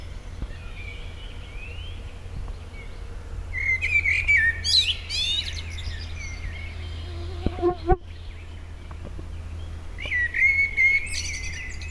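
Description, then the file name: Common blackbird singing two phrases, each a mellow fluted warble, the first ending in a thin, scratchy high twitter, over a constant low hum. "Turdus merula"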